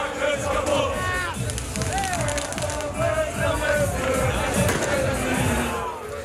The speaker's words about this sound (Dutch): Dankzij een 1-1 gelijkspel tegen Almere City is de club zeker van een plek bij de eerste 2 in de Eerste Divisie en dus van promotie naar het hoogste niveau. U hoort al vreugde in de stad bij de Zwolle fans.